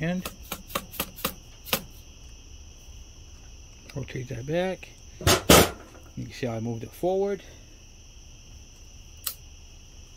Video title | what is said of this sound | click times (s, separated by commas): Working on Roberts Yamaha DT400 Part 2 putting the puzzle together | Heard that snap. That's good. | 9.3 s